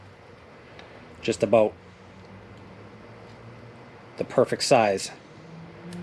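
An OEM parking sensor is handled at a 7/8 inch hole drilled in a steel N-Fab M-RDS aftermarket front bumper on a truck. Someone talks in two short bursts over a low steady background hum. Nothing has seated or clicked yet; the sensor is not yet home.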